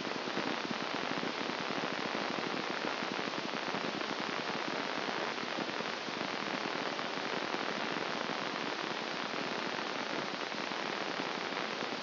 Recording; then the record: brain microelectrode recording played as sound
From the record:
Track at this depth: outside the subthalamic nucleus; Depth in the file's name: 0.246 mm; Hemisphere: left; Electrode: 2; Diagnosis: Parkinson's disease